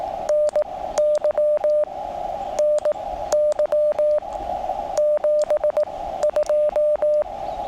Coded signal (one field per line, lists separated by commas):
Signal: Morse code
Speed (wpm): 18 wpm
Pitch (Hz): 590 Hz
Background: radio noise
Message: NY NY 72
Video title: Morse Code in the Smoky Mountains